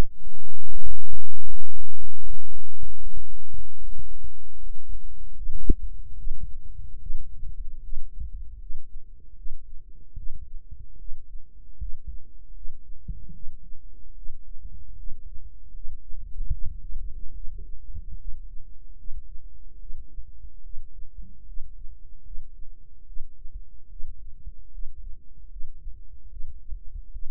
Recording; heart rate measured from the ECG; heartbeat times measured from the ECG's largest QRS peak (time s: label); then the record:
heart sounds by microphone in the right ear; 75 bpm
0.63 s: heartbeat
1.41 s: heartbeat
2.17 s: heartbeat
2.94 s: heartbeat
3.76 s: heartbeat
4.57 s: heartbeat
5.34 s: heartbeat
6.15 s: heartbeat
6.98 s: heartbeat
7.80 s: heartbeat
8.58 s: heartbeat
9.34 s: heartbeat
10.14 s: heartbeat
10.96 s: heartbeat
11.77 s: heartbeat
12.52 s: heartbeat
13.31 s: heartbeat
14.13 s: heartbeat
14.95 s: heartbeat
15.71 s: heartbeat
16.49 s: heartbeat
17.32 s: heartbeat
18.16 s: heartbeat
18.95 s: heartbeat
19.77 s: heartbeat
20.61 s: heartbeat
21.44 s: heartbeat
22.22 s: heartbeat
23.04 s: heartbeat
23.87 s: heartbeat
24.70 s: heartbeat
25.48 s: heartbeat
26.28 s: heartbeat
27.10 s: heartbeat
From the record:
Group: healthy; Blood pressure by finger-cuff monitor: 90/62 mmHg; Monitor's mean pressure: 70 mmHg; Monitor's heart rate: 76 bpm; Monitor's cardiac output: 5.5 L/min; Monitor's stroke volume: 74 mL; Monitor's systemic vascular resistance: 900 dyn s/cm5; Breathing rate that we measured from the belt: 18 breaths a minute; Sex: female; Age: 19 years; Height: 163 cm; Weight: 51 kg